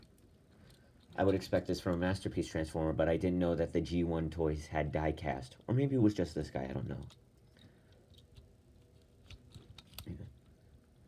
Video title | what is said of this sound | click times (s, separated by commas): G1 astrotrain review | fin doesn't lock into place so it's just flopping around there okay | none